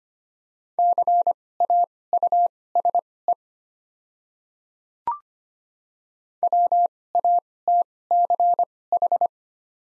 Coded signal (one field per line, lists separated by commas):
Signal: Morse code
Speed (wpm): 25 wpm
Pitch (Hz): 700 Hz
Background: none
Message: CAUSE WATCH